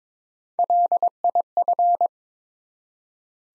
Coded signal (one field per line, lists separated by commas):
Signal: Morse code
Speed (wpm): 23 wpm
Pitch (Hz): 700 Hz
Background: none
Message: LIF